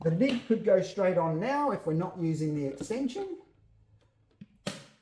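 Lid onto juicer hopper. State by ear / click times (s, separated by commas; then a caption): seated / 4.7 s. The plastic lid of a Kuvings CS800 Commercial Auto Juicer is placed on the hopper while someone talks. After a faint tap at 4.4 s, a loud snap at 4.7 s marks the lid locking in place on the hopper.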